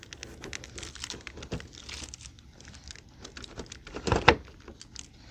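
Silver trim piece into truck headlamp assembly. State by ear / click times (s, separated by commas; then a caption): seated / 4.3 s. A silver trim piece is pushed into the headlamp assembly of a 2017 Ford F-150 3.5 EcoBoost truck during a headlamp replacement. Soft crinkling and handling noises lead to a faint tick at 4.1 s and then a sharp snap at 4.3 s. The silver piece seats in place with no gap.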